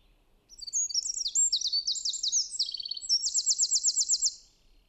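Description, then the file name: Eurasian wren: a shrill, hurried song of quick twitters and chattering notes, closing with a rapid rattling trill, about four seconds long. "Troglodytes troglodytes"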